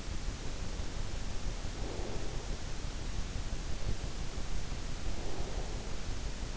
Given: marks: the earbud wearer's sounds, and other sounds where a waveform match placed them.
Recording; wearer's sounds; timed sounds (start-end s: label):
sounds in sleep by an in-ear microphone; breath
1.66-2.69 s: breath
4.89-6.11 s: breath